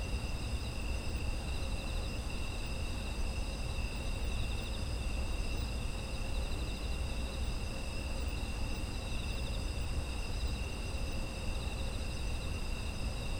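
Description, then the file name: Insects trilling continuously in overlapping high, even tones for the whole stretch, with a deep steady rumble below. Ambient chorus of autumn insects. "秋の虫の環境音"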